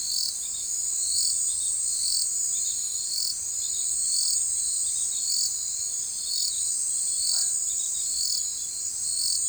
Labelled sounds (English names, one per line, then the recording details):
none
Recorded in forest near Pivijay, Magdalena, Colombia, on 13 April 2023 at 19:30
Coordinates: 10.467, -74.380
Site Z5-G034